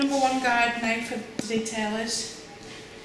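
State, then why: Not seated. A number one plastic guard is being handled to clip onto hair clippers while someone talks. A brief sharp tap is heard near 1.4 seconds, but nothing has seated or clicked yet.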